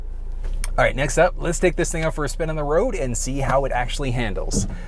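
A 2021 Ford EcoSport Titanium's interior sun visor, swung out and locked in place, is clicked back into its headliner retaining clip, giving a single sharp click at 0.6 s. The visor is seated in its clip. Someone then talks for the rest of the clip.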